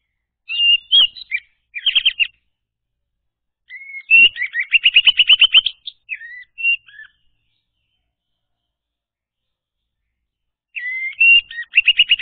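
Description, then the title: Orange-headed thrush song of varied high whistles and rapid trilled chirps in uneven phrases, with a long quiet gap before the final burst. Played as a lure to prompt a silent bird to sing. "Anis Merah Macet.. Pancing Dengan Suara Ini.. # Anis Merah"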